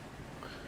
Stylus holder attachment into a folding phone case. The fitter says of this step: snaps in place pretty good just like that